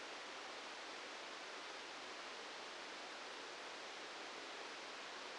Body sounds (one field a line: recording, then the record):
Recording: brain microelectrode recording played as sound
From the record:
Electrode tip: outside the subthalamic nucleus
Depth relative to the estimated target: -8 mm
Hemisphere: right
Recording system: NeuroSet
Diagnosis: Parkinson's disease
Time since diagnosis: 13 years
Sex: male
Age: 63 years